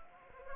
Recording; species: mosquito wingbeat signal from an infrared sensor; Anopheles gambiae